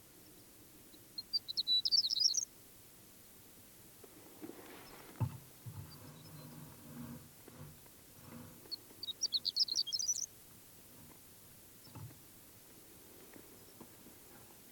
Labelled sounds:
Horned Lark (Eremophila alpestris)
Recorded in the wild
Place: Wüste Gobi, MN
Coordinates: 42.94, 105.082
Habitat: Desert
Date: 1979-06-01 05:45
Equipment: Nagra III BH, Sennheiser MD 21, parabola
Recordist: Schubert, Michael

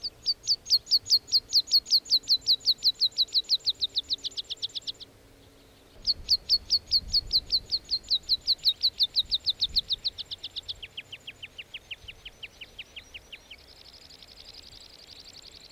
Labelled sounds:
Meadow Pipit (Anthus pratensis)
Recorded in the wild
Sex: male
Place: Bruchberg, Niedersachsen, DE
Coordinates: 51.79, 10.5
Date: 1986-06-14
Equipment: Sony WM-D6C, Parabolscheibe
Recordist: Skiba, Reinald
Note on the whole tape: Wolfswarte, Nationalpark Harz

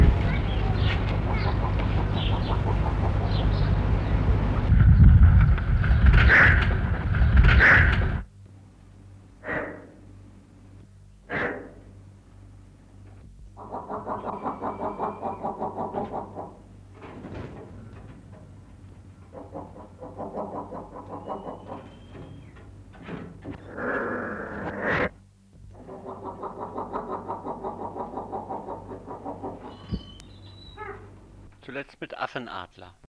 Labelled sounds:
Palm-nut Vulture (Gypohierax angolensis) call
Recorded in captivity
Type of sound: call
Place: Tierpark Berlin, Berlin, DE
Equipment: Halbspur, 9,5 cm/s
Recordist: Lütgens, Hans
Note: Rufe

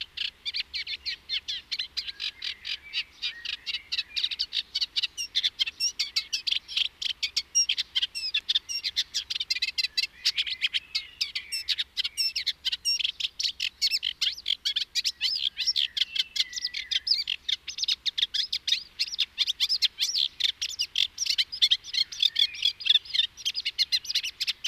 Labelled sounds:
Eurasian Reed Warbler (Acrocephalus scirpaceus) song
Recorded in the wild
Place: Hettenleidelheim, Rheinland-Pfalz, DE
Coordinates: 49.5353, 8.07278
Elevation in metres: 252
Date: 1975-08-24
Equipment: Nagra IV, Sennheiser MKH 405, Parabolreflektor
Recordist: Tretzel, Erwin

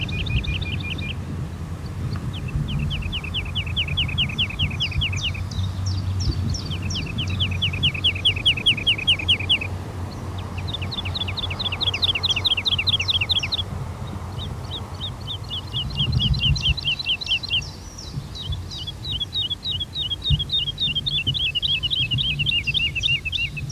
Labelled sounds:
Wood Lark (Lullula arborea) song
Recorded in the wild
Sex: male
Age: adult
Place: Schloß Holte-Stukenbrock, Senne, Nordrhein-Westfalen, DE
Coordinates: 51.8964, 8.69833
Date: 1973-04-20
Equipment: Uher 4200 Report Stereo, Bändchenmikro Beyer M 260, Parabolspiegel Polyester (600 mm)
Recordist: Conrads, Klaus

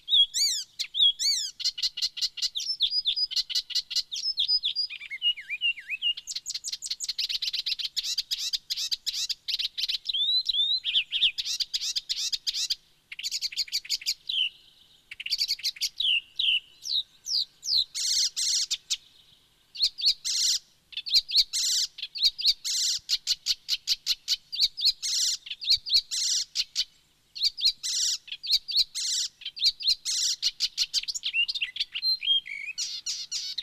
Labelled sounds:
Icterine Warbler (Hippolais icterina) song
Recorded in the wild
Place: Speyer, Rheinland-Pfalz, DE
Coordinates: 49.3172, 8.4425
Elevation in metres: 100
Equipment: Uher 4000 Report, Sennheiser MKH 815 T
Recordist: Tretzel, Erwin

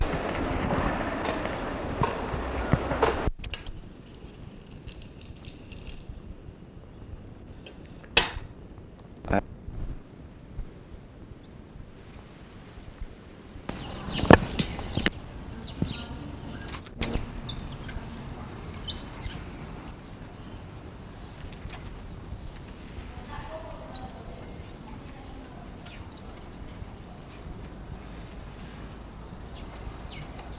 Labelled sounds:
Common Squirrel Monkey (Saimiri sciureus)
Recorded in captivity
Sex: group
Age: adult
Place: Zoo Prag, CZ
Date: 1967-09-06 17:00
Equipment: Uher 4200 Report-S, Transistorverstärker II, Sennheiser MD 421
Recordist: Tembrock, Günter

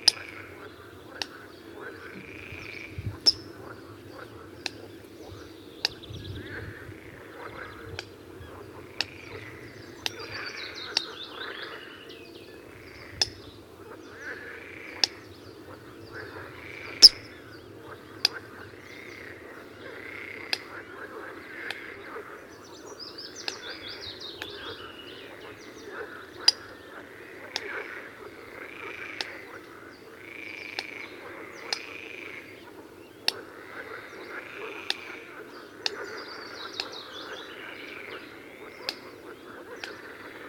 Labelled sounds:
Eurasian Coot (Fulica atra) alarm call
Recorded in the wild
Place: Schönfeld, Brandenburg, DE
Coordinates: 53.396, 14.006
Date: 1993-05-17
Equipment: Nagra III BH, Sennheiser MD 21, parabola
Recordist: Schubert, Michael

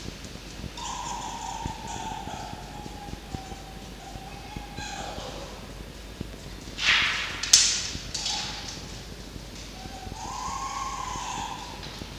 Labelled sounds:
Red Fox (Vulpes vulpes)
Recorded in captivity
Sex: male
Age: juvenile
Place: Zoologisches Institut der HUB, Berlin, DE
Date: 1952-07-26
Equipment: Elmetra
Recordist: Tembrock, Günter
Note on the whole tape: Toni folgt Jupp. Welpe Toni: "ri-ri-ri", Winseln, Muffen II (ohne Fleisch). Beobachter im Zimmer

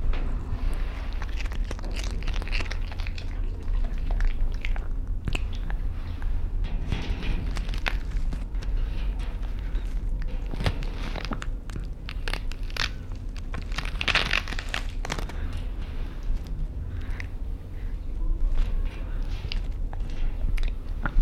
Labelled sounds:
Silvery Javan Gibbon (Hylobates moloch)
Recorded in captivity
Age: adult
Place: Zoo Rostock, Mecklenburg-Vorpommern, DE
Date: 1972-10-11
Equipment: Uher 4200 Report Monitor, Verstärker, Sennheiser MD 421
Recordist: Tembrock, Günter

